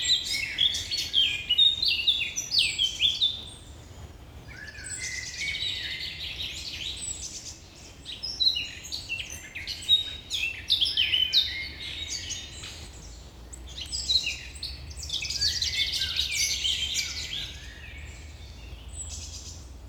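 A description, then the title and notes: Birds sing in the morning, several voices trading bright, quick chirps and trills with hardly a pause. Phrases rise and fall in bursts every few seconds, over a faint low rumble of background noise. The Birds are Singing This Morning.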